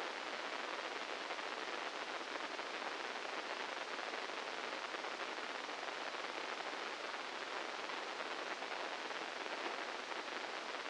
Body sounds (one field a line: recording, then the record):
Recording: brain microelectrode recording played as sound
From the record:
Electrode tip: inside the subthalamic nucleus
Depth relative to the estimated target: -4 mm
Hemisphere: right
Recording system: NeuroSet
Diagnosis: Parkinson's disease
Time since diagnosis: 15 years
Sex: female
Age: 59 years